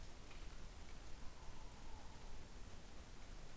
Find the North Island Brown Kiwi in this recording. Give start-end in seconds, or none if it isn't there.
none